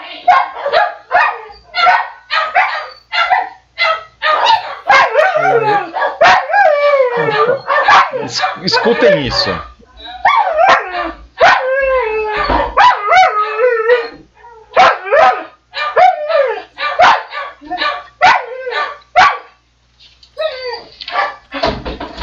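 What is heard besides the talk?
dog barking and howling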